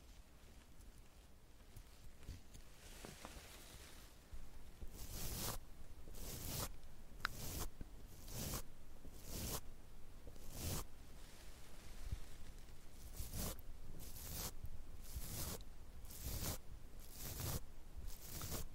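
Makeup handling sounds: soft rustling for five seconds, then sharp hissing swishes repeating about once a second, with a small click near seven seconds.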